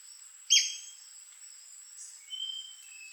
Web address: sound White-crested-spadebill. دانلود-صدای-پرنده-بیلچه-نوک-کاکل-سفید